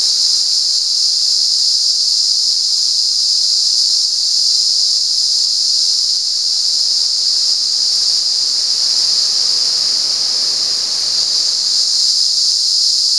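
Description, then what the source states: Cicada calling in one long unbroken hissing buzz, very high and even, with only slight dips in loudness. At San Ramon.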